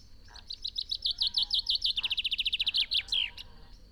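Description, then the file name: Common chaffinch singing one descending trill of rapid notes that ends in a quick flourish. "Fringilla coelebs"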